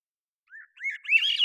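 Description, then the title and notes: Swainson's thrush song opening: a soft low note, then rising whistled tones climbing into a breezy upward spiral, clipped short. Single male singing at natural pace, cleanly processed parabolic recording, Pacific Northwest, Washington, United States. "BIRDSong Thrushes And Allies - Swainson's Thrush. long take of a single male Swainson's Thrush singing, natural pace and rhythm maintained, cleanly processed from parabolic recording Recorded in the beautiful Pacific Northwest, Washington, United States"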